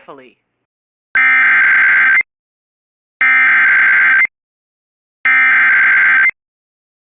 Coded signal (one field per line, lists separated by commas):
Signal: Emergency Alert System (SAME) tones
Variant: header bursts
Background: speech